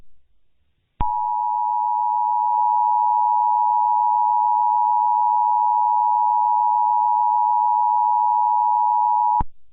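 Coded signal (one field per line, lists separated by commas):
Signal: Emergency Alert System (SAME) tones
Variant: 853 and 960 Hz attention tone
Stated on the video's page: Simulated EAS scenario, not a real broadcast, for entertainment.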